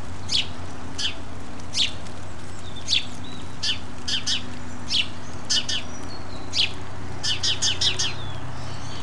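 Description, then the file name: House sparrow chirps repeated at irregular intervals throughout, some in quick pairs and triplets, against a low constant hum. "Passer domesticus"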